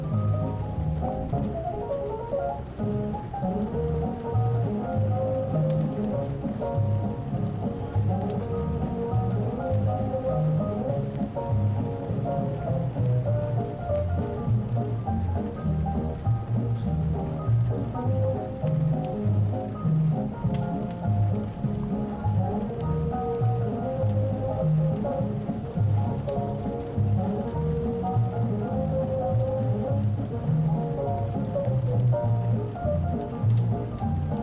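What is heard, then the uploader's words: Oldies music plays in another room, muffled so mostly the bass line and middle-range notes carry through while the brighter parts are dulled. The level stays steady for the whole stretch, with a faint crackling hiss and scattered small clicks over it. Oldies playing in another room. The fire place is active.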